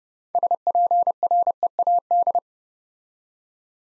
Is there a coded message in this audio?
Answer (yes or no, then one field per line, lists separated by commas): yes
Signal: Morse code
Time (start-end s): 0.3-2.4 s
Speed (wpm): 30 wpm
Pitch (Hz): 700 Hz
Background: none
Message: SPREAD